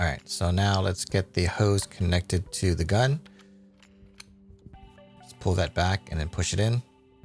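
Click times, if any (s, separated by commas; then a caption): none. A high-pressure hose quick-connect fitting is being attached to the spray gun of a Greenworks 1700 pressure washer: the collar is pulled back and the fitting is pushed toward the gun. Someone talks, then faint handling clicks and rattles come through a quiet stretch over a steady tone before more talk. Nothing has seated or clicked into place yet.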